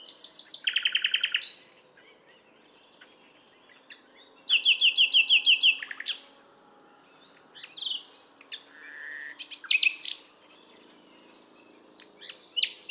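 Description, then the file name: Common nightingale song of varied phrases: a buzzy rattling burst, a rapid repeated trill, scattered whistles and sharp chirps, with short pauses between phrases. "Luscinia megarhynchos"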